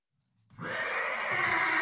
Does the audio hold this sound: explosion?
no